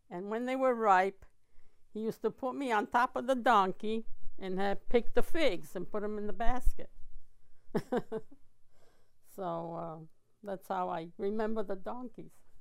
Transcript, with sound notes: And when they were ripe, he used to put me on top of the donkey and I'd pick the figs and put them in the basket. ( she laughs ) So, uh, that's how I remember the donkeys.